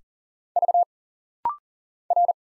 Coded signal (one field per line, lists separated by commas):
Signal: Morse code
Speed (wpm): 40 wpm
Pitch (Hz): 700 Hz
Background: none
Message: V R